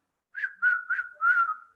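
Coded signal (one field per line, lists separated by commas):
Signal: whistled language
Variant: Kongthong jingrwai iawbei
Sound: a short melodic whistle of four linked notes with small pitch bends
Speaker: it is the whistling village where each villager has a name which is whistled when a child is born a mother gives a name a whistling name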